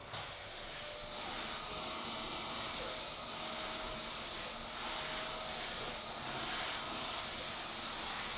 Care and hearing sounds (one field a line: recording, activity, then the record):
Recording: daily activity, microphone in the room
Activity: vacuum cleaning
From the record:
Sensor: 5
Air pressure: 1010.3 hPa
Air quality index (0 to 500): 120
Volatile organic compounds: 2 ppm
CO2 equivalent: 1180 ppm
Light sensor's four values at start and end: 495/1262/523/584 and 491/1253/519/579